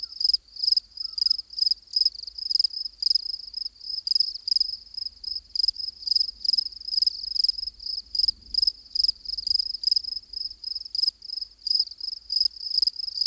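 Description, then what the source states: Shrill cricket chirps repeat in a fast, regular rhythm, with one brief faint whistle near the start and a soft low rumble. Active crickets.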